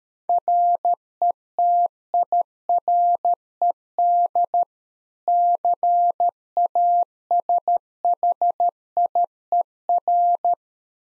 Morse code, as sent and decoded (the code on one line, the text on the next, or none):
.-. . - .. .-. . -.. / -.-. .- ... .... .. . .-.
RETIRED CASHIER